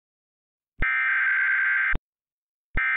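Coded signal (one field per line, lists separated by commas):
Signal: Emergency Alert System (SAME) tones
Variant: header bursts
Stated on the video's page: Flash Flood Warning for Fresno, Madera and Mariposa counties, with valid tones shown on a new EASyFiOS screen test.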